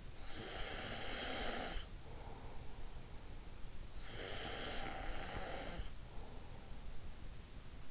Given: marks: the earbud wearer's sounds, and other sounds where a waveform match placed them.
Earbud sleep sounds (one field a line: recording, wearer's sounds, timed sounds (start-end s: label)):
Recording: sounds in sleep by an in-ear microphone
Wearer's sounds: snoring breath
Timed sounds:
0.00-2.96 s: snoring breath
4.18-6.73 s: snoring breath